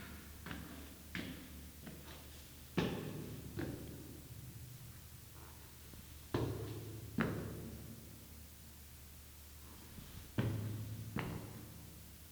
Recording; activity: daily activity, guitar pickup as the sensor; go upstairs